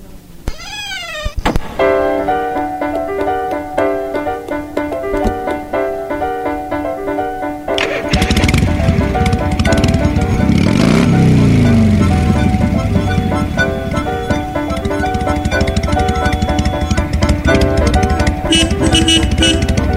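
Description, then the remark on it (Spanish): A motorcycle engine roars to life and revs loudly, its pitch sweeping up and down as it pulls away carrying two riders to a date, from La Paternal to Palermo, following a short stretch of tonal music. “Finalmente se puso un sobretodo arriba del traje blanco y juntos fueron en la moto de la torca directo a la cita.”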